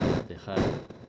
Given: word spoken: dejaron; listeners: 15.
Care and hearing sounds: one Spanish word in noise, from a listening test; noise modulated by one talker; -8.5 dB; 0 of 15; 11 of 15; 0.69 s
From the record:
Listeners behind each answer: 11, 2, 1, 1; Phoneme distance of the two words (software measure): 14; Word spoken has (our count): 3 syllables, 7 phonemes, stress on syllable 2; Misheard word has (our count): 2 syllables, 5 phonemes, stress on syllable 2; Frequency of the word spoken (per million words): 31.45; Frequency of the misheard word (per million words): 147.47

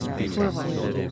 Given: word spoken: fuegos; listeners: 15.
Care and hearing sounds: one Spanish word in noise, from a listening test; eight-talker babble; -1.7 dB; 2 of 15; 10 of 15; 0.71 s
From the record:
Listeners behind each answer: 10, 2, 2, 1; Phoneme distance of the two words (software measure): 10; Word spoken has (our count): 2 syllables, 6 phonemes, stress on syllable 1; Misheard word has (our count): 2 syllables, 6 phonemes, stress on syllable 1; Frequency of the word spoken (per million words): 7.50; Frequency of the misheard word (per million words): 64.35

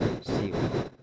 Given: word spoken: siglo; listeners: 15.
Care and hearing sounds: one Spanish word in noise, from a listening test; noise modulated by one talker; -8.3 dB; 1 of 15; 8 of 15; 0.64 s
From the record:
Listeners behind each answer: 8, 2, 1, 1, 1, 1, 1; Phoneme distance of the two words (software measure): 7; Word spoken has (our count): 2 syllables, 5 phonemes, stress on syllable 1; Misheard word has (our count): 2 syllables, 4 phonemes, stress on syllable 1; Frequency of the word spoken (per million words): 274.58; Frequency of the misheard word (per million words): 15.59

